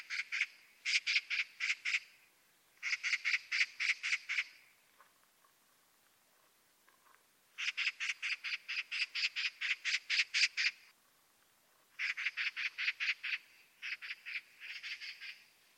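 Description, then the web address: Bird giving repeated bursts of quick, clipped pulsed notes, each burst lasting one to three seconds with short pauses between. "cianscape birddata Deverinetal"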